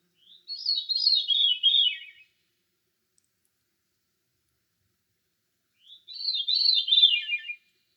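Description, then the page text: Thrush delivering two separate melodious phrases of rolling, trilled whistles, with a long pause between them, in otherwise clean silence. A single thrush singing solo in deciduous forest. "Deciduous Forest Thrush Solo. Quick Sounds"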